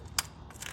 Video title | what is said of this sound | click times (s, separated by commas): DIY Fuel Filter Replacement ( SIMPLE AND EASY ) | And that's that click, guys. | 0.2 s